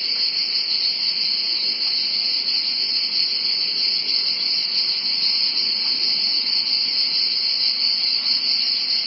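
Cicada chorus: a continuous shrill buzzing wall of sound, constant in pitch and loudness throughout, with no pauses.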